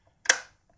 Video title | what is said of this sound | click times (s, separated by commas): Makita DJR183 | and it locks in place and it works | 0.3 s